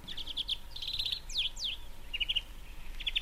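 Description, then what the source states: European greenfinch song: quick twittering trills and rapid chirps, with a few sharp downward-sweeping notes in the middle, over a faint low hum. Played back from a radio sound effects archive.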